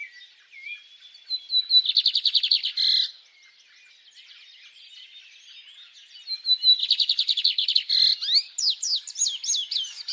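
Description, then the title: Bird song in two bursts of fast trilled notes separated by a quieter stretch of faint twittering. Birds singing at dawn. "Pássaros Cantando No Amanhecer"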